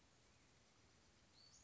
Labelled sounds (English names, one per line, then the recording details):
Western Flycatcher
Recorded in Sonoma County, California